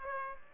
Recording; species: mosquito wingbeat signal from an infrared sensor; Aedes aegypti